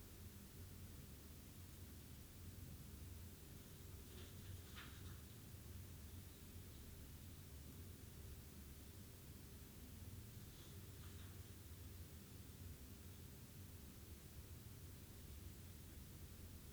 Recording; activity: daily activity, guitar pickup as the sensor; stand